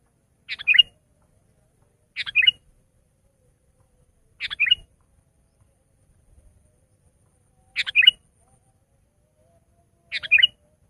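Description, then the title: Sooty-headed bulbul song: five short, bubbly phrases of quick fluttering notes, spaced a few seconds apart against a quiet background. "kutilang"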